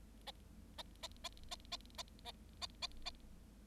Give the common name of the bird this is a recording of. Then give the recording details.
Bengalese Finch. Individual Bird7